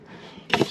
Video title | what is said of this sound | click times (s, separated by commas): The Shad 58 X Top Carrier Box - Unboxing and full fitting instructions | So there we all all the way up to the top. That clicks back into place. We got one. | 0.5 s